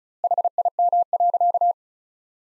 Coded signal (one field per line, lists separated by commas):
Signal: Morse code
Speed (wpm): 34 wpm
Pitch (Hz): 700 Hz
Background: none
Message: HIM.